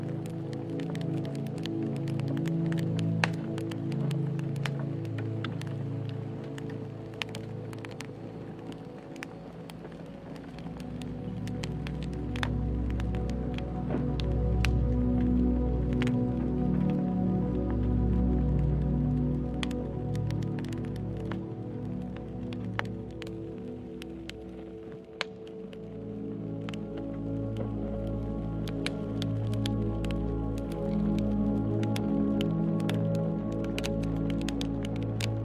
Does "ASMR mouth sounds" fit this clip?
no